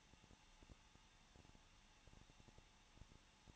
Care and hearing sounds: daily activity, microphone in the room; no activity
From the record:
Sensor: 1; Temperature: 20.1 degrees Celsius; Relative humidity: 39.3%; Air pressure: 1006.4 hPa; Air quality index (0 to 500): 218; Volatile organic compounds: 80 ppm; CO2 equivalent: 3605 ppm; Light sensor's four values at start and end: 1/2/1/1 and 1/2/1/1

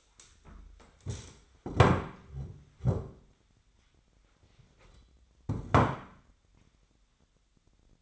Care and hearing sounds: daily activity, microphone in the room; stand up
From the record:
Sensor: 3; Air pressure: 1008.0 hPa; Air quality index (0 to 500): 191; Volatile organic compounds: 14 ppm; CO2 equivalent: 2455 ppm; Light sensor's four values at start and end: 12/29/12/12 and 12/29/12/12

